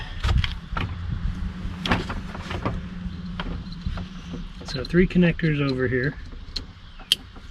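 During a side-view mirror replacement on a 2008 Jeep Grand Cherokee with the 5.7L Hemi, one of three plastic wiring connectors in the door is pushed into its mating socket while someone talks. Scattered handling taps and clicks lead up to a sharp, loud snap at 7.1 s as the connector seats.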